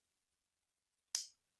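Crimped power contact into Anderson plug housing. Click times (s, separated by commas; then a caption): 1.1 s. A crimped power contact is pushed into an Anderson plug housing. After about a second of near silence, a single sharp, bright click sounds at 1.2 s and fades quickly. The contact is seated and secured in place.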